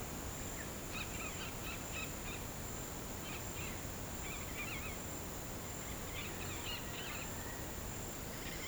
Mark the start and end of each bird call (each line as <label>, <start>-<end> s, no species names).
bird call, 0.75-2.47 s
bird call, 3.21-3.80 s
bird call, 4.22-4.98 s
bird call, 6.06-7.27 s